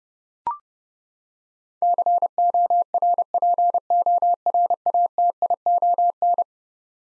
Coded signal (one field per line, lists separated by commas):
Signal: Morse code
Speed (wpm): 29 wpm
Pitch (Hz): 700 Hz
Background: none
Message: CORPORATION